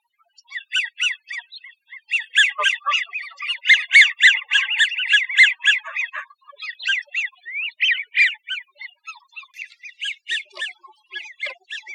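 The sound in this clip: American wigeon giving rapid arched whistled notes, repeated many times.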